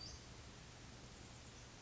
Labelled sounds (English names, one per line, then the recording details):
Western Flycatcher
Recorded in Sonoma County, California